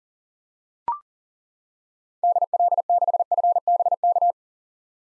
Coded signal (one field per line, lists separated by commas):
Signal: Morse code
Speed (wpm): 37 wpm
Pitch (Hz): 700 Hz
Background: none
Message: DL6FBK